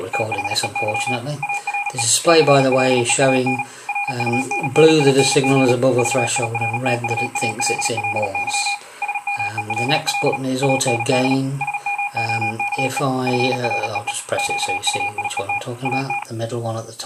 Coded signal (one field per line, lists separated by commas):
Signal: Morse code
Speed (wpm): 37 wpm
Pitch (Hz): 2450 Hz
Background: speech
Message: THEY ARE CLEAN RUNNING VIRTUALLY SMELL AND SMOKE FREE QUIET AT